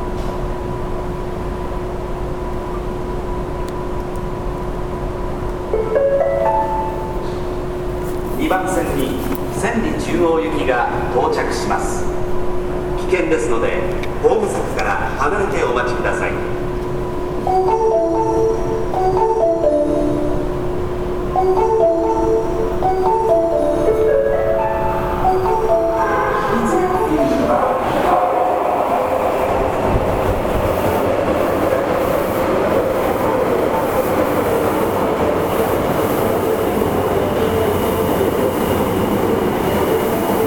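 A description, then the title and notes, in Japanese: Subway platform scene with a steady hum and tone, chiming melody and announcements midway, then a train's rushing roar building after thirty seconds. 心斎橋駅の音風景（大阪市営地下鉄 御堂筋線）。朝のラッシュが終わりかけの９時前後に収録しました。短い間隔で発着する電車の情景。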